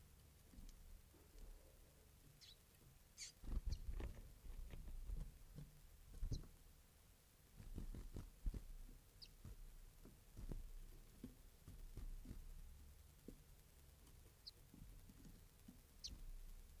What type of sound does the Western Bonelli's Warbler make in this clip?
begging call